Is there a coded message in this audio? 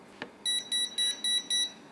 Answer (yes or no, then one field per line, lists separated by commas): no